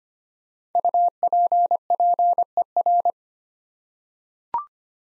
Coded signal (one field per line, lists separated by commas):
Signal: Morse code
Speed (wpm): 25 wpm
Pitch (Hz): 700 Hz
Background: none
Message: UPPER